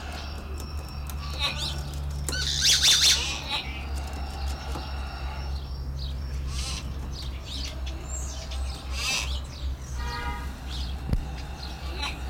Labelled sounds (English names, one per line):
Common Hill Myna